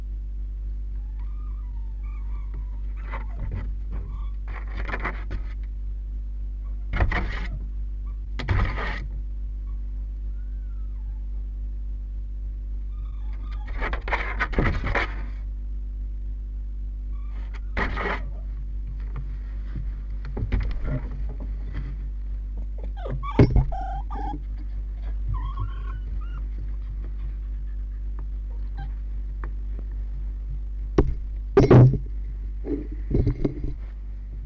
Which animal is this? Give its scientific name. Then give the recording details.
Vulpes vulpes. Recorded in captivity. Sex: diverse. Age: juvenile. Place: Zoologisches Institut der HUB, Berlin, DE. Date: 1958-06-28. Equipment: Smaragd. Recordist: Tembrock, Günter